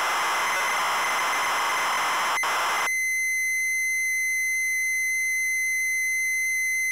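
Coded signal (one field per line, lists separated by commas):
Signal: ZX Spectrum tape loading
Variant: Sinclair ZX Spectrum +2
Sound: three seconds of harsh rasping data noise, a brief dropout, then a quieter steady high tone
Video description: Double Dragon - Zx Spectrum +2 (Full Cassette Tape Loading & Gameplay) / To skip the loading and go to the main game 11:30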